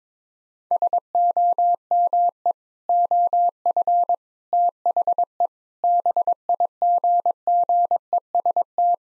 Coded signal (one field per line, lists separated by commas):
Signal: Morse code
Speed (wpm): 22 wpm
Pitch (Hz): 700 Hz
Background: none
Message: SOME OF THE BIGGEST